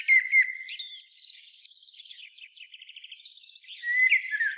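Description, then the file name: Common blackbird song: fluty notes and sharp high squeaks, then a run of rapid repeated twitters, ending with a louder fluty warble. "Turdus merula"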